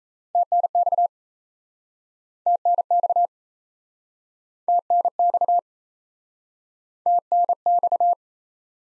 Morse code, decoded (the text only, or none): TNX TNX TNX TNX